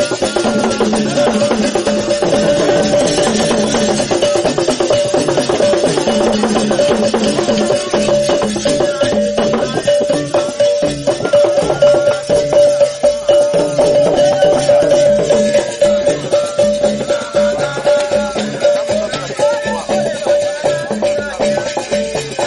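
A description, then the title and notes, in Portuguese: Ambient sound from a Vodou ceremony: a dense, steady wash of many voices talking and calling at once, lively throughout. A thin, sustained tone holds at one pitch across the whole clip, and busy clattering and shuffling continue underneath. Sons ambiente da Cerimonia Vudú a Zakpatá. Neste audio compártoche os sons ambiente da Cerimonia para a divinidade Zakpatá, deus da terra e das enfermidades contaxiosas que tanto pode traer a fertilidade como a viruela.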